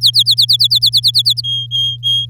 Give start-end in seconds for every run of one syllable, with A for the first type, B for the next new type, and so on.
0.01-1.41 A, 1.44-2.25 B